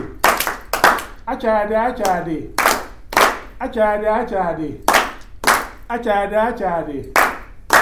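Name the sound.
hand clapping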